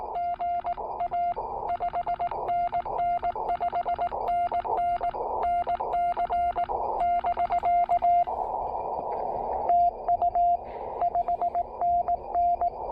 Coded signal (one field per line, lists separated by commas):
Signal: Morse code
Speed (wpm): 18 wpm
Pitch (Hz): 690 Hz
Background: radio noise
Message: GA 5NN 5NN NC <BK> TU 5NN